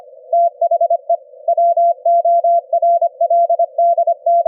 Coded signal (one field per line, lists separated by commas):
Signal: Morse code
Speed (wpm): 25 wpm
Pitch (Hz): 680 Hz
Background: none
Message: THE WORLD T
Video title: sending Morse Code on the ELF BAND at 25 hertz at 25 wpm - receive with QUISK SDR